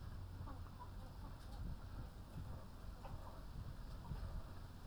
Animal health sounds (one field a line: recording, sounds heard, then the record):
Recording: poultry house recording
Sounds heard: sick chickens (respiratory disease)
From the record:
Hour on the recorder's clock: 21